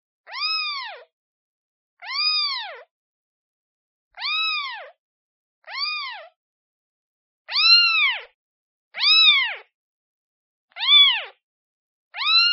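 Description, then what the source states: Cat: kitten meowing, eight high arched calls with short pauses between, each rising slightly and falling away at the end. Kitten calling for its mother.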